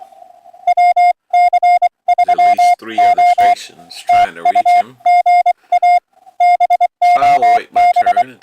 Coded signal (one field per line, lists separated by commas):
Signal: Morse code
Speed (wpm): 23 wpm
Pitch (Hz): 720 Hz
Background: speech, music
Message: WC3O TU GA BOB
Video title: March 23 2025 Sunday AM POTA Hunt